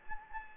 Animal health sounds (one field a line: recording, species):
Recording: mosquito wingbeat signal from an infrared sensor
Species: Anopheles gambiae